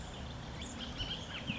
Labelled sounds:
Bullock's Oriole
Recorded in Sonoma County, California

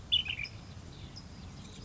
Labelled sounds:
Ash-throated Flycatcher
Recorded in Sonoma County, California

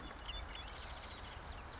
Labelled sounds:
Marsh Wren
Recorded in Sonoma County, California

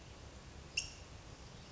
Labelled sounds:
California Towhee
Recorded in Sonoma County, California

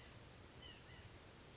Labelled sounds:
White-breasted Nuthatch
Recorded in Sonoma County, California

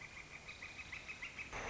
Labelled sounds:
Northern Flicker
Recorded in Sonoma County, California

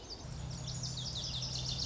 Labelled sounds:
Lazuli Bunting
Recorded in Sonoma County, California

